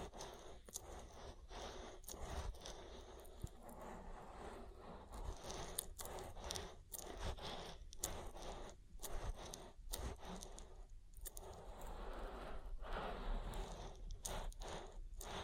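Oil ear massage with steady wet rubbing and squishing, broken by frequent short bright slides and pops every second or so.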